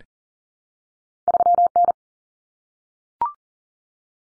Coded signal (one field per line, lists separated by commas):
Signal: Morse code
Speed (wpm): 40 wpm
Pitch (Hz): 700 Hz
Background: none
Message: 3N